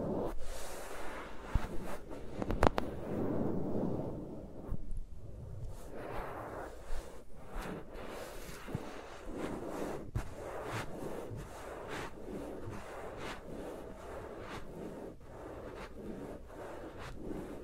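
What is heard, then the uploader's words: Fingers move around the microphones with no talking, making soft rustling and brushing sounds that come in short, uneven bursts. A sharp tap or click lands near the 2.5-second mark and another around 10 seconds. The texture stays dense and low throughout. ASMR with Mics Around My Fingers (No Talking).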